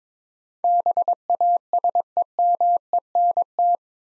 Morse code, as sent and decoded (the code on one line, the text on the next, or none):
-... .- ... . -- . -. -
BASEMENT